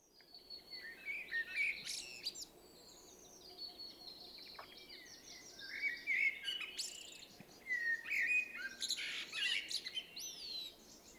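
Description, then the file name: Common blackbird singing repeated phrases of low warbling notes topped with sharp, high squeaky twitters, continuing throughout with short pauses. "Turdus merula"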